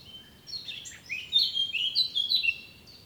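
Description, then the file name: Eurasian blackcap song, a short scratchy warble swelling into a run of loud, mellow whistled notes. "Sylvia atricapilla"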